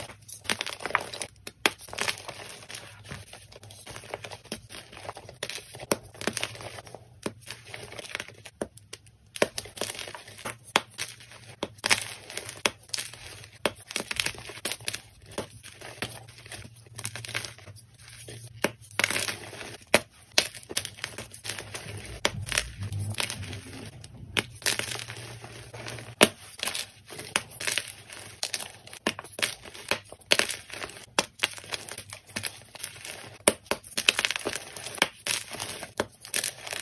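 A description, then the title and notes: Powder crunching in dense, irregular bursts of crisp crackle that run the whole way through, with sharp loud snaps scattered among softer grainy rustling. A low steady hum sits underneath until about 26 seconds, swelling briefly around 22 to 24 seconds, then drops away. Powder Crunch.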